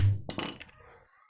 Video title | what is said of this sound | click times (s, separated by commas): Merakit sendiri gearbox kilometer Spidometer motor honda absolute revo dari 0 | Ini kelihatannya sudah mengunci tapi saya pastikan dulu benar-benar mengunci. | 0.3 s